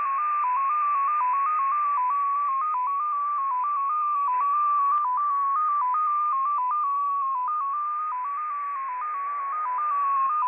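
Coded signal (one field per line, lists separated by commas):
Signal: multi-tone FSK (Olivia or MFSK type)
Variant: XPA2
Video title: XPA2 Data Mode 21/06/2023 0930 UTC 15812kHz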